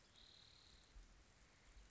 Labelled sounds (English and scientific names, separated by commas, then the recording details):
Spotted Towhee (Pipilo maculatus)
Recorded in Sonoma County, California